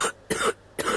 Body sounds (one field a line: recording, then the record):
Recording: coughing mixed with background sound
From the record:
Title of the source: 30 Chesty and wet cough